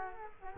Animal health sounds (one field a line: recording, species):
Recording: mosquito wingbeat signal from an infrared sensor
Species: Culex quinquefasciatus